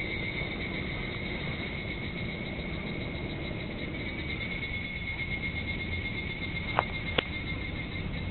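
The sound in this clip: Higurashi cicada song, a steady shrill drone held throughout, over low rumbling background noise, with two sharp clicks near the end.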